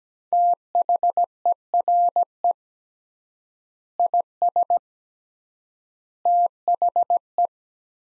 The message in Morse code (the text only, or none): THERE IS THE